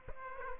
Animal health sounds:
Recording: mosquito wingbeat signal from an infrared sensor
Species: Aedes aegypti

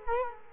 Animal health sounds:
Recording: mosquito wingbeat signal from an infrared sensor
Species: Culex quinquefasciatus

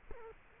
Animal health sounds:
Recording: mosquito wingbeat signal from an infrared sensor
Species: Culex quinquefasciatus

